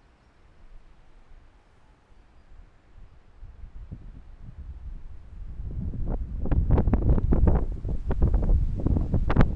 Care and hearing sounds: everyday scene through a hearing-aid microphone; wind on the microphone; squally wind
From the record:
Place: parking lot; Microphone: behind the ear, left, rear

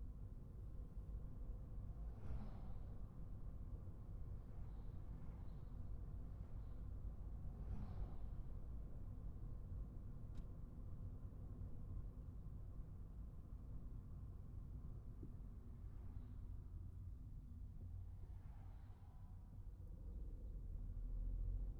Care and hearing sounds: everyday scene through a hearing-aid microphone; in a vehicle; engine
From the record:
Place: Skoda Fabia, gasoline engine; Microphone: behind the ear, right, front

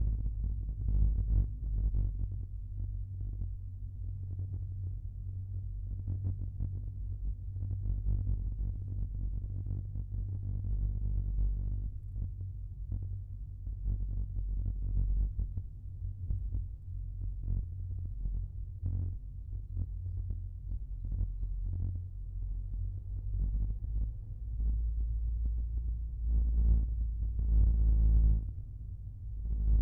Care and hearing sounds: everyday scene through a hearing-aid microphone; in a vehicle; engine, rumble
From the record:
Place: Skoda Fabia, gasoline engine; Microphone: behind the ear, left, rear

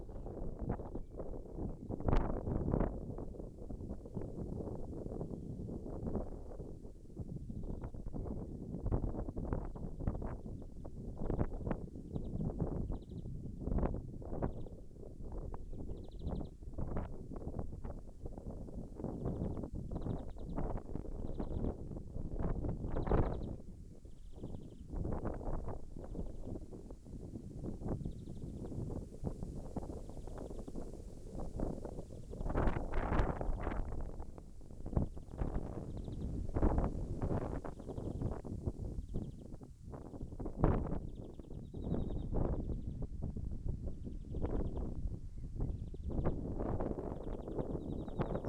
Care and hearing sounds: everyday scene through a hearing-aid microphone; wind on the microphone; wind, birds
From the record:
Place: in front of a rural house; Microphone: behind the ear, left, front

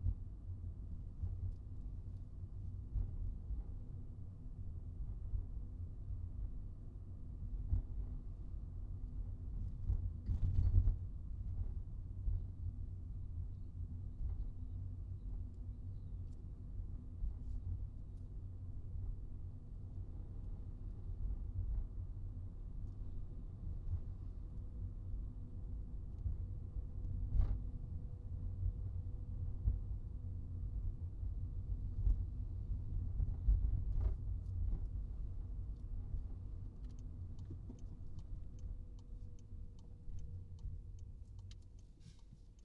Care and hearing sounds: everyday scene through a hearing-aid microphone; in a vehicle; engine, highway traffic jam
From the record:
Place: Skoda Fabia, gasoline engine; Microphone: in the ear canal, right

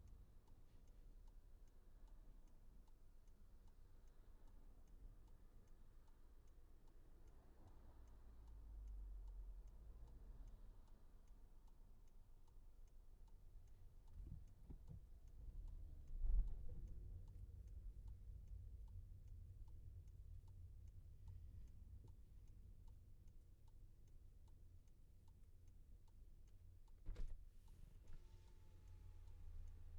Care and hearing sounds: everyday scene through a hearing-aid microphone; in a vehicle; engine idling, traffic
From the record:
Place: Skoda Fabia, gasoline engine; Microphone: behind the ear, left, rear

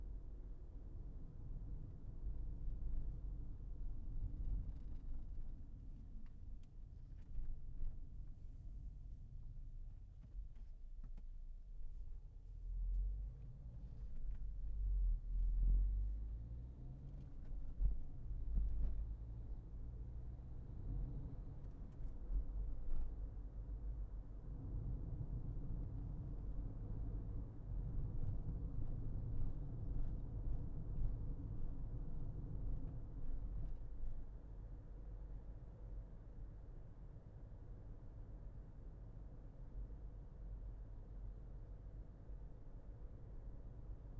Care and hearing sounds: everyday scene through a hearing-aid microphone; in a vehicle; engine, traffic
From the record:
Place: Berlingo II, diesel engine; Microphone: behind the ear, left, rear

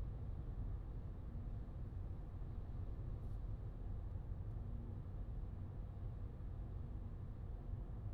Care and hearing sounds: everyday scene through a hearing-aid microphone; in a vehicle; engine, highway driving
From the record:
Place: Skoda Fabia, gasoline engine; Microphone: in the ear canal, left

